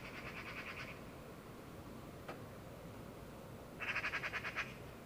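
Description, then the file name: Eurasian magpie rattle, one short quieter chatter at the start and a louder rapid burst near the end, with a faint click between. "Pica pica"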